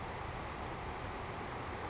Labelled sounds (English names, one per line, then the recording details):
Savannah Sparrow
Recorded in Sonoma County, California